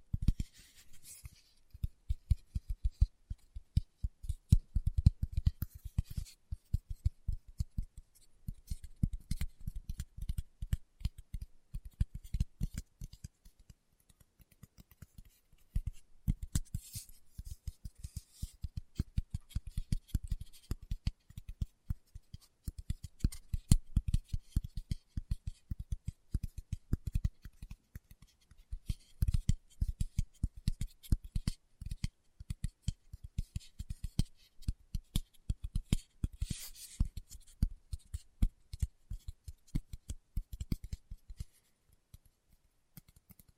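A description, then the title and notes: Fingertips tap in quick, dense bursts on a hard surface. The taps are mostly dull and low, with occasional brighter clicks, coming in runs of a few seconds separated by short pauses. ASMR Tapping with Fingertips (No Talking).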